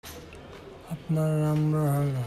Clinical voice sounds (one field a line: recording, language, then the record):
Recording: elicited speech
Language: Bengali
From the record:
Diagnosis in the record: Broca's or global aphasia after a stroke